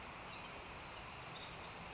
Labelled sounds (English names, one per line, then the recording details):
Pacific Wren
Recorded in Sonoma County, California